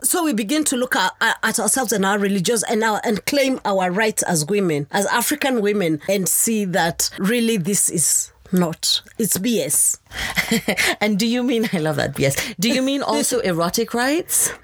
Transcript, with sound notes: So we begin to look at ourselves and our religions and claim our rights as women, as African women, and see that really this is not…it’s BS.
(laughs) And do you mean – I love that BS – do you mean also erotic rights?